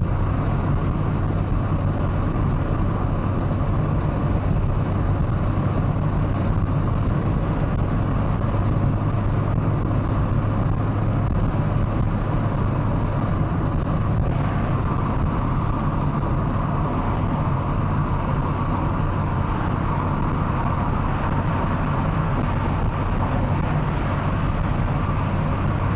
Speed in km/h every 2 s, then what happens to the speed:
109, 111, 114, 116, 118, 119, 115, 110, 107, 105, 105, 104, 103.
0-10 speeds up to 119. 10-15 slows to 107. 15-26 steady at about 105.